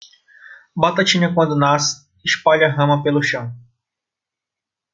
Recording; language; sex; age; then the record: short text; Brazilian Portuguese; male; 30 to 39 years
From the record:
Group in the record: control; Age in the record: 31 years